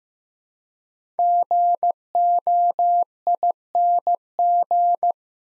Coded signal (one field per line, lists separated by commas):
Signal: Morse code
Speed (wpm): 15 wpm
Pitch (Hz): 700 Hz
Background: none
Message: GOING